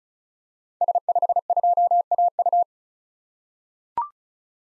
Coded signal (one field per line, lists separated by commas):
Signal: Morse code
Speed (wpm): 36 wpm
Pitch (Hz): 700 Hz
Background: none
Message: S52AU